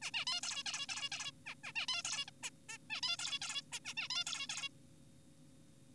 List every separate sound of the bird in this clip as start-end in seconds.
0.02-0.11, 0.14-0.25, 0.27-0.41, 0.44-0.63, 0.66-0.86, 0.89-1.10, 1.12-1.31, 1.46-1.55, 1.64-1.72, 1.76-1.86, 1.88-2.02, 2.05-2.25, 2.28-2.31, 2.43-2.50, 2.69-2.78, 2.90-3.01, 3.03-3.17, 3.19-3.39, 3.42-3.62, 3.72-3.80, 3.85-3.94, 3.97-4.08, 4.10-4.24, 4.27-4.47, 4.50-4.69